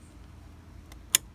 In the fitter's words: Click. Click is good.